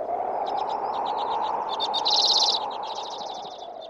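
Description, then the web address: Common Redpoll calls: rapid, buzzy chattering notes in quick series, growing denser midway, over a steady low background hum. "Birdnote. Common Redpoll"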